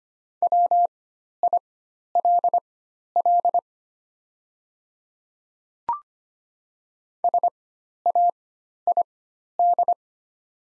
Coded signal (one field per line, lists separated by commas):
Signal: Morse code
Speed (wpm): 25 wpm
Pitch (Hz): 700 Hz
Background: none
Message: WILL SAID